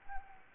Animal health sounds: mosquito wingbeat signal from an infrared sensor; Anopheles arabiensis

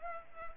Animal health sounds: mosquito wingbeat signal from an infrared sensor; Culex pipiens

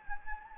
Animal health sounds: mosquito wingbeat signal from an infrared sensor; Anopheles gambiae

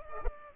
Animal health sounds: mosquito wingbeat signal from an infrared sensor; Culex pipiens

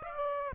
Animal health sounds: mosquito wingbeat signal from an infrared sensor; Aedes aegypti

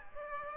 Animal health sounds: mosquito wingbeat signal from an infrared sensor; Aedes aegypti

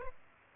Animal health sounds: mosquito wingbeat signal from an infrared sensor; Aedes aegypti

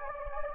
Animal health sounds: mosquito wingbeat signal from an infrared sensor; Anopheles gambiae

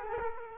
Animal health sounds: mosquito wingbeat signal from an infrared sensor; Culex quinquefasciatus

